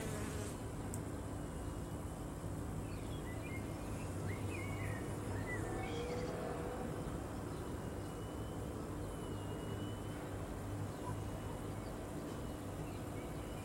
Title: Osmie cornue. Osmia cornuta (abeille maçonne)